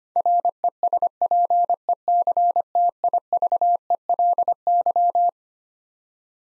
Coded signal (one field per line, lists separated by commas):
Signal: Morse code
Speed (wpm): 25 wpm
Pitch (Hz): 700 Hz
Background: none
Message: RESPECTIVELY